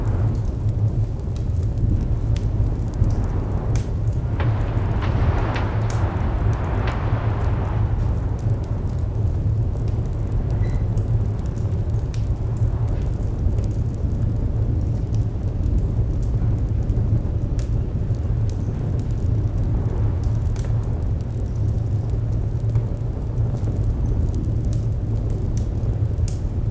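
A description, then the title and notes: A fireplace roars with a deep, steady low rumble that never lets up, scattered with quick crackles and pops throughout. Between about 4 and 8 seconds a brighter rushing swell rises and fades, and faint sharp snaps keep recurring over the constant roar. Roaring Fireplace Ambience. Recorded from a cozy cabin adorned with a large wool rug and the grandest, most roaring fire you've ever heard. Outside, a storm rages, its winds lashing against the house, threatening to rattle its foundations. The crackling flames and distant wailing winds blend to create a hypnotic soundscape.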